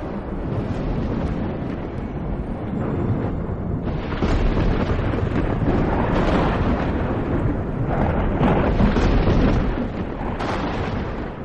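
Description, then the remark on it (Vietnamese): A loud, rolling rumble of thunder from a lightning strike in the sky, swelling and surging in waves for several seconds, a dense roar with crackling edges and no voices. “trên bầu trời lôi quang lóe lên, một tia sáng trắng bổ thẳng xuống gáy của Ngân”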